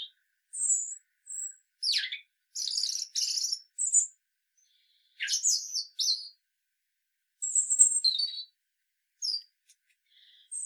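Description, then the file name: European robin song: thin, high, varied warbling phrases separated by short pauses, some sweet whistles and some scratchy trills, in a quiet background. "Erithacus rubecula"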